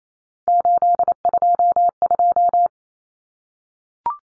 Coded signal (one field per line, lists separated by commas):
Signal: Morse code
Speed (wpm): 28 wpm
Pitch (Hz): 700 Hz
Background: none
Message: 822